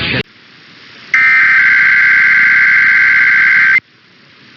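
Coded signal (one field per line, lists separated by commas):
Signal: Emergency Alert System (SAME) tones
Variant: header bursts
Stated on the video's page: Recorded overnight monthly tests for Maryland and Nevada plus a radio station's weekly test.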